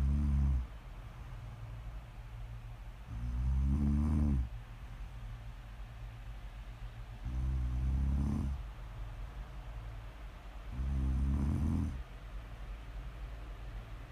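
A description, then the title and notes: Snoring in slow, regular cycles: four deep, rumbling snores land at about 0, 3.5, 7.5 and 11 seconds, each lasting around a second. Between them a steady low hum and soft hiss continue, with quieter breathing-like passages. ASMR snoring.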